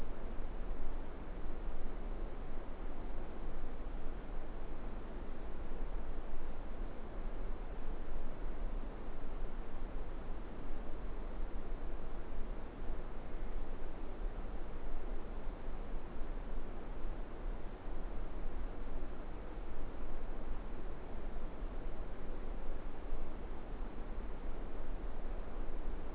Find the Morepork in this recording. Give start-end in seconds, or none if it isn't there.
none